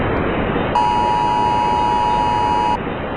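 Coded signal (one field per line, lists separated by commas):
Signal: Emergency Alert System (SAME) tones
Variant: 853 and 960 Hz attention tone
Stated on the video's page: Fictional animated EAS scenarios.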